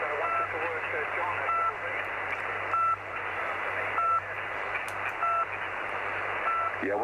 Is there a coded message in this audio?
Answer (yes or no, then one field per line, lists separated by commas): no